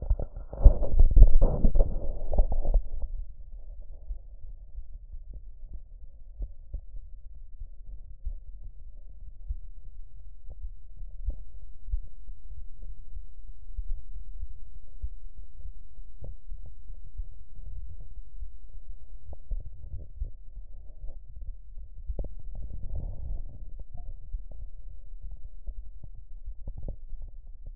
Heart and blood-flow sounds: heart sounds by stethoscope; mitral valve (MV); normal heart sounds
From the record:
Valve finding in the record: mitral regurgitation, grade 1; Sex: male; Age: 73 years

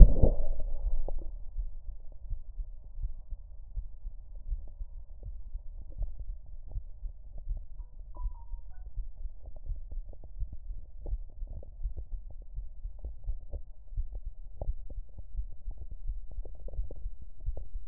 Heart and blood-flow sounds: heart sounds by stethoscope; mitral valve (MV); normal heart sounds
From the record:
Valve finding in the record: mitral regurgitation, grade 0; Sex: female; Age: 76 years

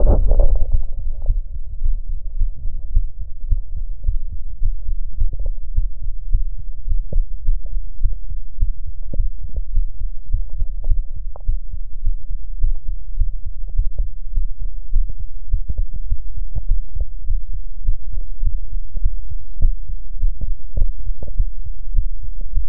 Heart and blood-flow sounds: heart sounds by stethoscope; pulmonary valve (PV); normal heart sounds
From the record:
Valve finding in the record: normal valve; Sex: female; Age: 56 years

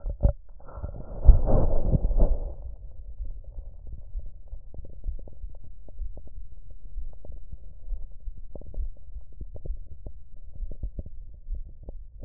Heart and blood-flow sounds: heart sounds by stethoscope; mitral valve (MV); normal heart sounds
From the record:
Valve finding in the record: mitral regurgitation, grade 0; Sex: female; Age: 43 years

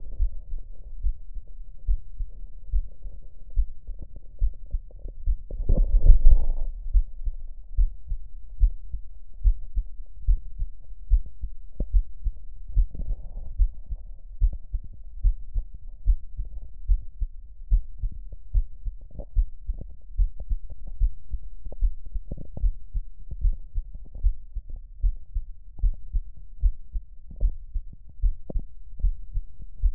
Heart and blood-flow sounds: heart sounds by stethoscope; pulmonary valve (PV); normal heart sounds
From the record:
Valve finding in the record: normal valve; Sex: female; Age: 60 years

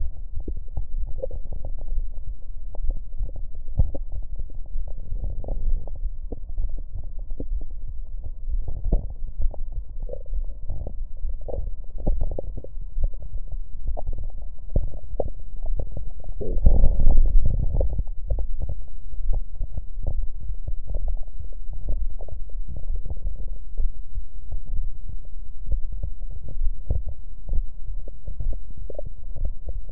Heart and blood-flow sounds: heart sounds by stethoscope; mitral valve (MV); normal heart sounds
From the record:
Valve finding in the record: normal valve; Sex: female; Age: 50 years

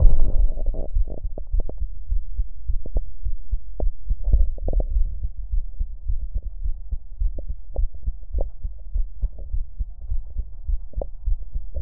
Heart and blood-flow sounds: heart sounds by stethoscope; pulmonary valve (PV); normal heart sounds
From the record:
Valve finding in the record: normal valve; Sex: female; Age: 48 years

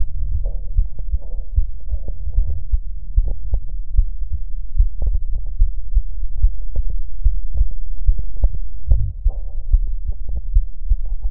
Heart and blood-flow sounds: heart sounds by stethoscope; pulmonary valve (PV); normal heart sounds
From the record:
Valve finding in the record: normal valve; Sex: female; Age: 60 years

